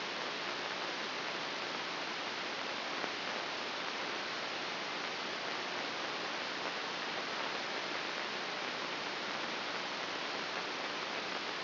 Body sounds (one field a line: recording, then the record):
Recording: brain microelectrode recording played as sound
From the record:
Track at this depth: inside the subthalamic nucleus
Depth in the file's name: 3.029 mm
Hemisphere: left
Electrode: 3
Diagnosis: Parkinson's disease